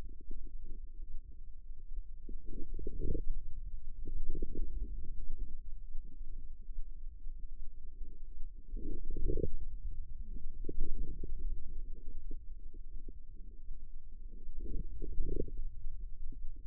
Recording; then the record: forearm muscle sounds (acoustic myography)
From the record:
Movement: wrist flexion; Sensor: system 2, bracelet of six BSWA MPA416 microphones around the upper forearm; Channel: 6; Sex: female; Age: 25 years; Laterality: right